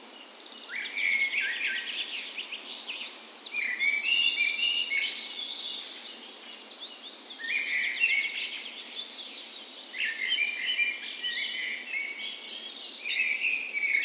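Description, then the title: Birds singing at dawn, several overlapping, repeated whistled phrases and trills arriving in bursts every few seconds over a steady chorus. Dawn chorus recorded the morning of 17 May, Norway's National Day, in a park west in Bergen, Norway, in full spring; Sony PCM A10 recorder with LOM Usi microphones as tree ears. "17th Of May Dawn Chorus"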